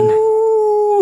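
Wolf howl: a single steady, even-pitched tone held for about a second before cutting off abruptly.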